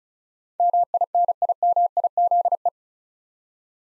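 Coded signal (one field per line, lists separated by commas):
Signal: Morse code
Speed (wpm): 36 wpm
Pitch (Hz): 700 Hz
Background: none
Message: MINIMIZE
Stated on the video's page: Morse word-copying practice at 35 wpm: eight-letter words sent, spoken, then sent again.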